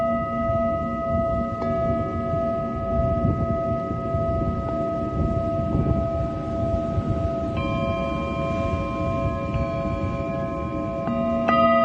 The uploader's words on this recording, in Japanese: メキシコから シンギングボウルのサウンドヒーリング ライブ。